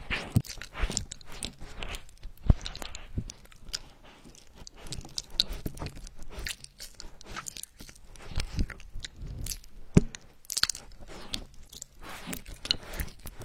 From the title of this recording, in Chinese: 跳跳糖在口腔要爆咯